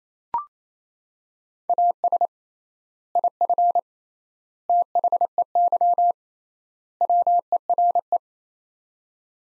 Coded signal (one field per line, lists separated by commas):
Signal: Morse code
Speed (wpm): 28 wpm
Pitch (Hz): 700 Hz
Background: none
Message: AS IF THEY WERE